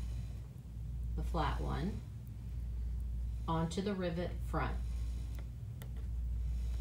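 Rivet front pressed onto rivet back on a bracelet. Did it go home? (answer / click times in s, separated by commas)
yes / 5.8 s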